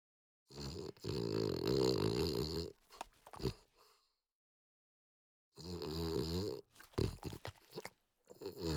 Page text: French Bulldog Snort Long. Quick Sounds